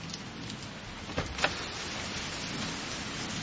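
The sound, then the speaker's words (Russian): Heavy rain pours down at nightfall in a steady, dense hiss that holds evenly throughout, broken only by a couple of brief sharp taps partway through. No one speaks. “Такой ливень и на ночь глядя, да?”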